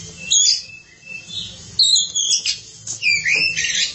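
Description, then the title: Oriental magpie-robin song, a run of varied high whistles, trills and scratchy notes in several loud phrases with short pauses between them. Kacer song. "Suara Kicauan Burung Kacer Durasi Panjang"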